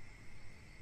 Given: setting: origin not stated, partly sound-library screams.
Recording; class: one-second piece from a danger detection set; normal situation